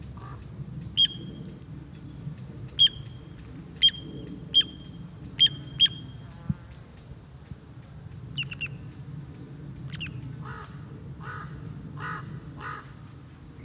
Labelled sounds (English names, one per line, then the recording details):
Little Ringed Plover call
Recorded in the wild
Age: adult
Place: Flemmingen, Thuringia, DE
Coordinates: 50.9385, 12.6332
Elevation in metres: 250
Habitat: gravel pit
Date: 2024-07-27 15:21
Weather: 20-25°C, cloudy
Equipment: Sound Devices MixPre6, Sennheiser MKH8060
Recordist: Frommolt, Karl-Heinz
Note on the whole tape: Calls of an adult with three juveniles. Only the adult bird can be heard here, distracting from the young. Minimal distance 10m